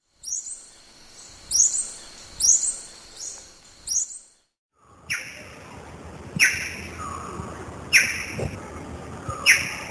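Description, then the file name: Lorikeet calling with shrill screeches, first a series of about five, then after a brief silence louder ringing calls with rich overtones repeated every second or two over background hiss. "Лори -Лорикет -Попугай -Голоса-птиц"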